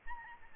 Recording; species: mosquito wingbeat signal from an infrared sensor; Aedes albopictus